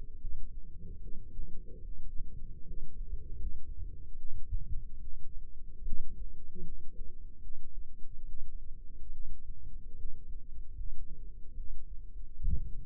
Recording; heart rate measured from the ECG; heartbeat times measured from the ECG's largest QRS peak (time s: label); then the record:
heart sounds by microphone in the left ear; 74 bpm
0.19 s: heartbeat
1.00 s: heartbeat
1.83 s: heartbeat
2.65 s: heartbeat
3.38 s: heartbeat
4.16 s: heartbeat
4.99 s: heartbeat
5.84 s: heartbeat
6.63 s: heartbeat
7.41 s: heartbeat
8.25 s: heartbeat
9.12 s: heartbeat
9.96 s: heartbeat
10.75 s: heartbeat
11.55 s: heartbeat
12.41 s: heartbeat
From the record:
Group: healthy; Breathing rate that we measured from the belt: 16 breaths a minute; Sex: female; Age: 22 years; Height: 160 cm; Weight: 63 kg